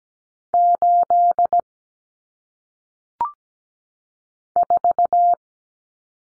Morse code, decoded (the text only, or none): 8 4